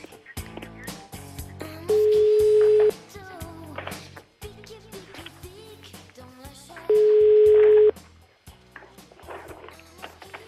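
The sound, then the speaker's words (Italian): A dropped phone line's dial tone, after a BlackBerry phone fell to the floor: two long, steady mid-pitched beeps, each about a second, loud over a busy background of other sound and some voice. “Che stai facendo lì che cade sempre la linea?”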